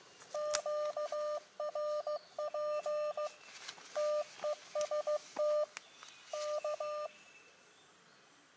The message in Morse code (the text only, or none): QRP TEST K